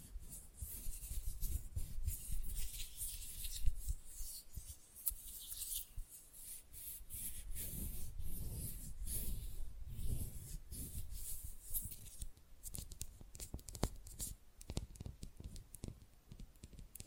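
Fast, rough nail filing: a continuous scratchy rasp of quick back-and-forth strokes, bright and hissy, with a dull low rumble underneath that swells and fades. Near the end the strokes break into sharper separate ticks and taps, more irregular and spaced out.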